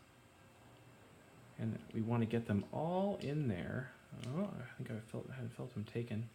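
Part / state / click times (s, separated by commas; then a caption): integrated circuit chip into a DIP socket on a PCB / not seated / none. An integrated circuit chip is being handled over a DIP socket on the circuit board of a WHDTS 4-bit digital clock kit, where it is to be pressed in so its small metal pins pop into the socket contacts. Low steady background noise gives way to someone talking from about 1.6 s to the end. The chip has not seated or clicked into the socket yet.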